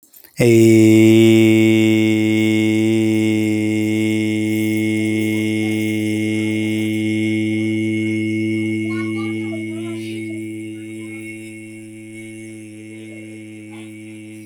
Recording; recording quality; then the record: sustained vowel as in made; excellent, no background noise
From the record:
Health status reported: healthy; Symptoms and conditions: none ticked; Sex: male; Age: 38 years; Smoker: not ticked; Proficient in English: yes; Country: India